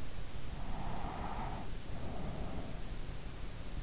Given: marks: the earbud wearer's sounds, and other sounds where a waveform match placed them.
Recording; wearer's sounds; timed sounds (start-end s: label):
sounds in sleep by an in-ear microphone; breath
0.60-3.26 s: breath